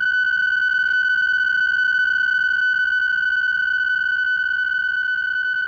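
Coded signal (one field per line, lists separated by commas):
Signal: PSK63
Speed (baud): 62.5 baud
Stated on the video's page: VOA Radiogram shortwave broadcast test of several digital modes, from the eastern North Carolina transmitter.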